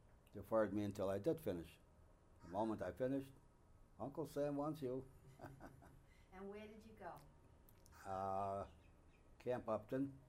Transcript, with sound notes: deferred me until I did finish. The moment I finished, "Uncle Sam wants you." (He laughs)
And where did you go?
Camp Upton,